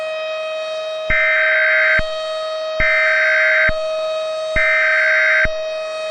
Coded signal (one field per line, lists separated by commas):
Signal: Emergency Alert System (SAME) tones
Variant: header bursts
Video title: EAS Scenario||Rain Rain Go away Part One